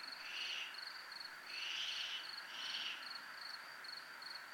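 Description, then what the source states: Cricket call, a rapid, evenly pulsed high chirping running throughout, joined by three louder swelling lower bursts. Recorded in a military zone (zona militar).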